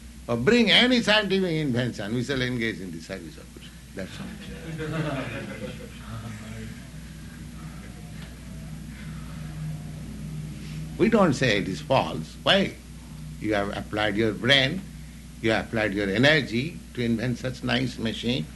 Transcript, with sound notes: Bring any scientific invention, we shall engage in the service of Kṛṣṇa. That's all. [laughter] We don't say it is false. Why? You have applied your brain, you applied your energy to invent such nice machine.